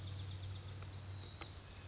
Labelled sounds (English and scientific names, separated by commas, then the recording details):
Pacific Wren (Troglodytes pacificus)
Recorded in Sonoma County, California